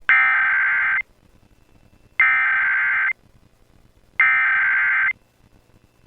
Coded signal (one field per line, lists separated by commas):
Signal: Emergency Alert System (SAME) tones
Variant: header bursts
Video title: 2011 National EAS Test Hijack Remake